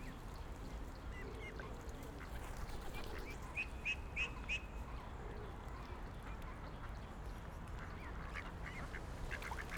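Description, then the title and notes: Ducks uttering a quick run of short nasal notes near four seconds, then scattered calls, over low continuous rumble. Ducks on a lake in a park in Vienna, being given food by the recordists. "Patos Viena. Este es el momento en el cual en un parque de Viena damos comida a unos patos que encontramos en un lago"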